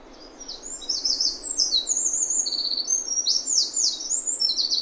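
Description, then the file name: Eurasian wren song beginning after a brief quiet start, then a fast, shrill run of trills and sharp whistled notes continuing to the end, with gentle hiss behind. "Troglodytes troglodytes"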